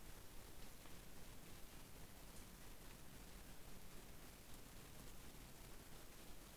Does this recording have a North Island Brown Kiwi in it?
no